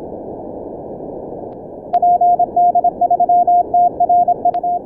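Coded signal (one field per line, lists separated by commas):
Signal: Morse code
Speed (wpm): 26 wpm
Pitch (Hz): 710 Hz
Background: none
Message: PD3TRU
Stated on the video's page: Morse Runner contest simulation run, 48 QSOs in 10 minutes.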